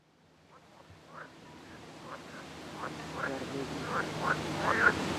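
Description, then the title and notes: Frogs croaking in short, rasping pulses, several per second, growing steadily louder throughout with a low hum underneath. Frogs at a dike at Ptasi Raj, Gdańsk, Poland. "Ptasi Raj. Gdańsk, Poland - Grobla żaby."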